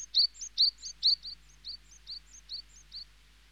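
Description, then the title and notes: Small birds: small bird chirping in quick, high two-note phrases, loud at first, then softer for the rest of the run. "NHK効果音集 - 2-波・川・小鳥"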